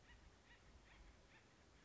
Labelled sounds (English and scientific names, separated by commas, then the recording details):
Acorn Woodpecker (Melanerpes formicivorus)
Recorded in Sonoma County, California